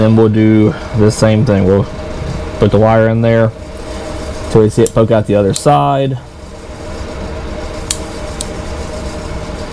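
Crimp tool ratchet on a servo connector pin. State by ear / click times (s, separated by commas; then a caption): torque reached / 7.9 s. Someone talks about inserting a wire into a servo connector pin until it pokes out the other side, then squeezes a ratcheting crimp tool on the pin with the wire and insulation inserted, over a steady low background hum. The tool's ratchet gives a sharp click at 7.9 s when the crimp completes, followed by a softer click at 8.4 s. The full crimp is confirmed, and the jaws are then opened so the pin can be tug-tested.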